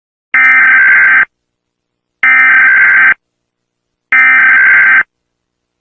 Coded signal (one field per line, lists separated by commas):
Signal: Emergency Alert System (SAME) tones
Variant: header bursts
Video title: Mr Increíble Perturbado (Escuchas Está Alarma de/EAS ALARM) Parte 4 /4/15